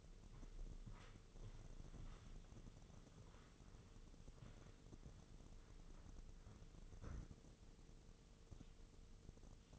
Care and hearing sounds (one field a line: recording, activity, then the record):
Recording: daily activity, microphone in the room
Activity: walk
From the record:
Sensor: 4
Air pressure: 996.7 hPa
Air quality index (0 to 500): 243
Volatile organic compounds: 372 ppm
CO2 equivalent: 4624 ppm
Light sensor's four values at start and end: 50/123/51/51 and 50/123/51/51